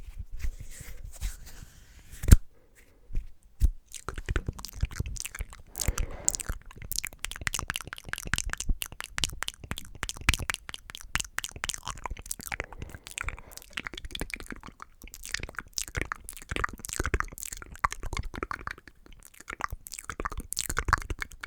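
Mouth and hand sounds make a dense run of sharp clicks, pops and snaps across the whole span. The first two seconds are quieter and sparser, with one loud pop near 2.5 seconds. After that the taps come fast and irregular, with crunchy, crinkling bursts in between.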